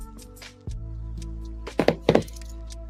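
A plastic part near a screw-cap piece of a ZOIDS Advanced Zi Blade Liger Leon Tros Ver. model kit is pushed into its mating socket, with music playing in the background. Several knocks and clicks are heard between about 1.7 and 2.2 seconds, with a click at 2.1 seconds. The part is only partly seated and not fully snapped in, so it is then reseated.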